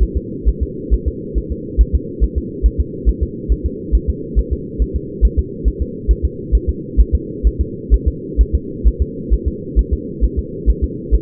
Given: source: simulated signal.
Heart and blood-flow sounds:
fetal heart sounds
0.03 s: S1
0.17 s: S2
0.49 s: S1
0.63 s: S2
0.94 s: S1
1.08 s: S2
1.38 s: S1
1.52 s: S2
1.81 s: S1
1.95 s: S2
2.24 s: S1
2.38 s: S2
2.66 s: S1
2.80 s: S2
3.09 s: S1
3.23 s: S2
3.52 s: S1
3.66 s: S2
3.95 s: S1
4.09 s: S2
4.39 s: S1
4.53 s: S2
4.82 s: S1
4.96 s: S2
5.25 s: S1
5.39 s: S2
5.68 s: S1
5.82 s: S2
6.11 s: S1
6.25 s: S2
6.55 s: S1
6.69 s: S2
7.00 s: S1
7.15 s: S2
7.47 s: S1
7.61 s: S2
7.94 s: S1
8.08 s: S2
8.41 s: S1
8.55 s: S2
8.88 s: S1
9.02 s: S2
9.33 s: S1
9.48 s: S2
9.79 s: S1
9.93 s: S2
10.24 s: S1
10.39 s: S2
10.70 s: S1
10.84 s: S2
11.15 s: S1
From the record:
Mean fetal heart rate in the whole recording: 135 bpm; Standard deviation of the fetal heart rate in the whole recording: 3 bpm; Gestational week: 34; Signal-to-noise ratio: -4.1 dB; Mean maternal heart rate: no maternal heart sound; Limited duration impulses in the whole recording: absent

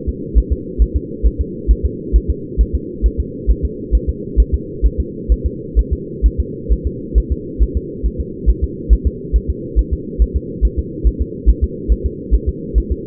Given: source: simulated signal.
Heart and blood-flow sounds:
fetal heart sounds
0.09 s: S2
0.38 s: S1
0.52 s: S2
0.82 s: S1
0.96 s: S2
1.27 s: S1
1.41 s: S2
1.71 s: S1
1.85 s: S2
2.16 s: S1
2.30 s: S2
2.61 s: S1
2.75 s: S2
3.06 s: S1
3.20 s: S2
3.50 s: S1
3.65 s: S2
3.95 s: S1
4.09 s: S2
4.40 s: S1
4.54 s: S2
4.86 s: S1
5.00 s: S2
5.32 s: S1
5.46 s: S2
5.79 s: S1
5.93 s: S2
6.26 s: S1
6.40 s: S2
6.72 s: S1
6.87 s: S2
7.18 s: S1
7.32 s: S2
7.62 s: S1
7.77 s: S2
8.06 s: S1
8.20 s: S2
8.50 s: S1
8.64 s: S2
8.93 s: S1
9.07 s: S2
9.36 s: S1
9.50 s: S2
9.79 s: S1
9.93 s: S2
10.22 s: S1
10.36 s: S2
10.65 s: S1
10.79 s: S2
11.07 s: S1
11.22 s: S2
11.50 s: S1
11.64 s: S2
11.92 s: S1
12.06 s: S2
12.34 s: S1
12.49 s: S2
12.78 s: S1
12.92 s: S2
From the record:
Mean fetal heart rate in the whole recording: 135 bpm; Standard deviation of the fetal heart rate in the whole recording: 3 bpm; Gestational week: 34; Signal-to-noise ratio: -4.1 dB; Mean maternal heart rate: no maternal heart sound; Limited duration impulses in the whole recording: absent

